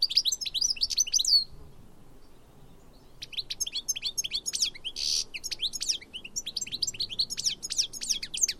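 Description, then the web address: High, sweeping bird notes, a pause of over a second, then a busy stream of chirps and one rasping burst. "Deverinetal"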